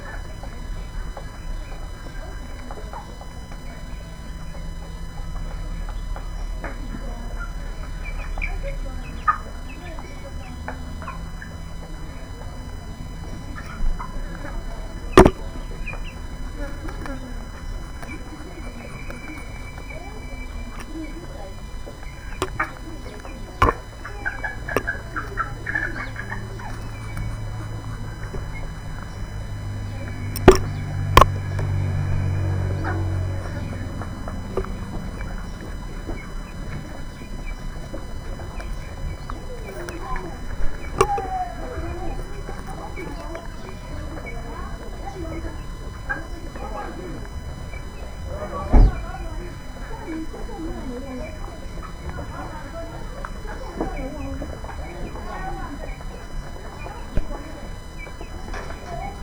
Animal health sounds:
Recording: poultry house recording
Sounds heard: background noise or bird activity such as feeding and pecking

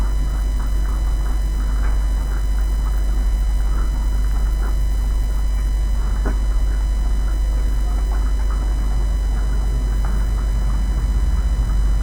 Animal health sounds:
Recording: poultry house recording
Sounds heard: sick chickens (respiratory disease)

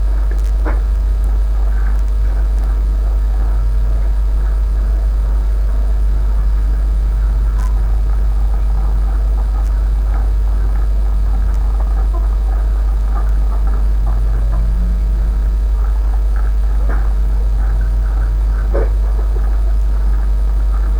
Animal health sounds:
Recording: poultry house recording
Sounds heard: sick chickens (respiratory disease)

